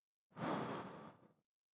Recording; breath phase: one breath near a microphone; exhalation